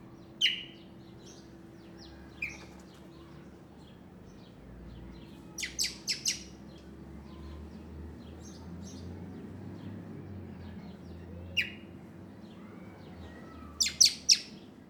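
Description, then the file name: Common blackbird calls: thin, high chips at irregular gaps, some single and some in quick runs of three, fairly quiet over a low background hum. "Turdus merula"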